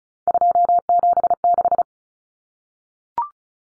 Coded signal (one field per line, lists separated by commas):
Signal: Morse code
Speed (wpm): 34 wpm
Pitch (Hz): 700 Hz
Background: none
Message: 276